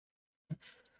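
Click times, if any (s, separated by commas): 0.5 s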